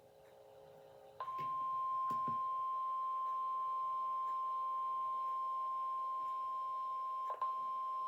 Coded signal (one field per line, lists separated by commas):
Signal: Emergency Alert System (SAME) tones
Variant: 1050 Hz attention tone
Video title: 6/16/26 Flash Flood Warning for Harris County (EAS #75)